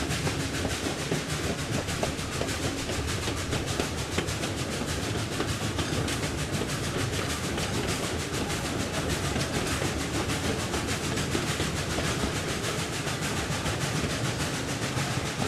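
A 1930s steam locomotive chugs along while its wheels clatter on steel rails in a fast, even rhythm. The sound is dense and steady, covering low rumble and bright hiss alike, with rapid regular beats and no pauses for the full fifteen seconds.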